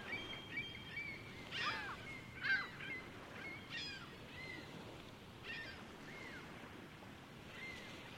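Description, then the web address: Gulls giving scattered squealing cries and a few drawn-out mewing notes, fading toward the end over a steady background hiss. Several seagulls, busy flock at Lake Ontario. "Big Room Sound Birds Seagulls Lake Ont Busy"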